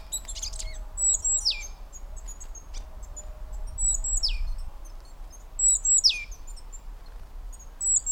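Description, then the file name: Great tit giving three shrill calls about two to three seconds apart, each a high thin note sliding steeply downward, with faint clicks and low rumble underneath. "Parus major"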